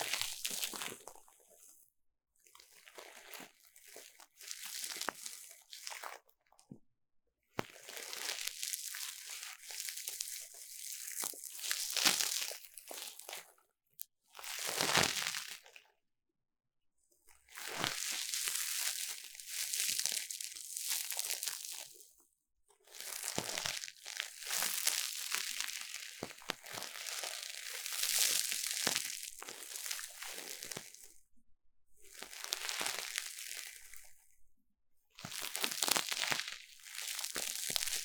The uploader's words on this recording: ASMR 3Dio 耳掃除 귀 청소 | Ear Cleaning | No Talking.